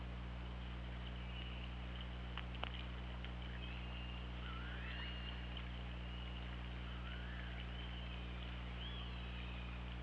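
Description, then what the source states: Orca: killer whale calls: a few wavering tonal sweeps, some climbing and some dropping, scattered throughout, plus a couple of sharp clicks over steady underwater noise. Underwater recording from an OrcaLab hydrophone, 24 August 2017, about 08:00.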